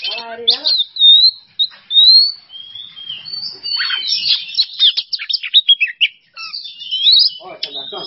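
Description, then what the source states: Oriental magpie-robin song: a rich, varied run of high whistles, slurred notes and rapid chattering phrases, with a lower harmonic call briefly at the start and end. Masteran training recording for songbirds; song style called "bongkar isian", with the bird in an excited ("emosi") state.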